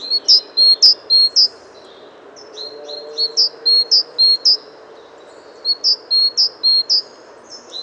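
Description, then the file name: Great tit calls: loud, ringing high notes in rapid two-part phrases, in three bursts of several notes each, against a low hiss. "Parus major"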